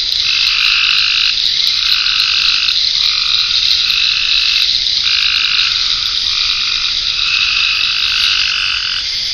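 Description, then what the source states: Frogs give a series of short croaking bursts, repeated almost continuously with brief gaps, over a dense high insect drone. Frogs in ponds near a pond in a forest wildlife management area, with crickets and cicadas.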